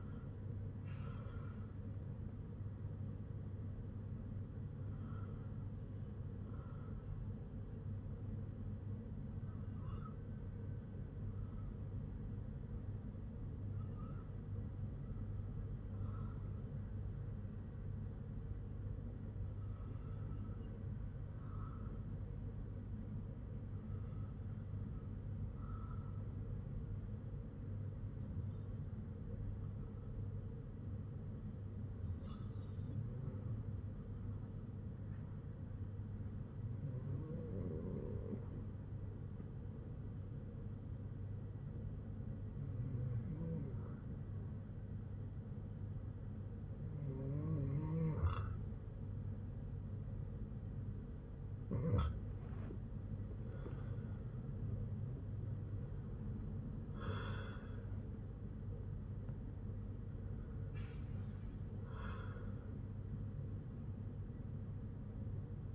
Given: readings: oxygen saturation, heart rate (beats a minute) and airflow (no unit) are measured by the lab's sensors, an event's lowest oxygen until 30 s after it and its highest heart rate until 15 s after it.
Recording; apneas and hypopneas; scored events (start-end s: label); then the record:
breathing in sleep by a smartphone at the bedside; 1
27.00-52.20 s: hypopnea (REM, oxygen 97% highest, then 96% lowest, heart rate 58 at the start, 70 highest)
From the record:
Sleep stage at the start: REM sleep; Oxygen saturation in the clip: 87 to 98%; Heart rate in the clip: 55 to 70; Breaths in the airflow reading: 14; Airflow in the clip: -7.3 to 7.4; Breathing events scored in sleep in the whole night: 182 in 7.4 hours asleep